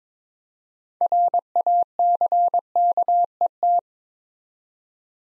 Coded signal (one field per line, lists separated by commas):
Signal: Morse code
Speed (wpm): 22 wpm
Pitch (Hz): 700 Hz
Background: none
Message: RACKET